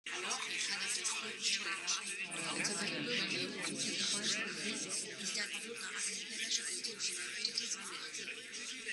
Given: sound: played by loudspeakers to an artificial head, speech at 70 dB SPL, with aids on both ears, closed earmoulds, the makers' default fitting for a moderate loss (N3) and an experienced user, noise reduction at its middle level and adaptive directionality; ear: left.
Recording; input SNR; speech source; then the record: speech test signal (ISTS) in cocktail-party noise; -3 dB; on the right (90 degrees)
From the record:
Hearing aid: class 1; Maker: H